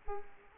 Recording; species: mosquito wingbeat signal from an infrared sensor; Culex quinquefasciatus